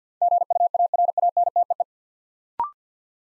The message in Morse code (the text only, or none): GUARANTEE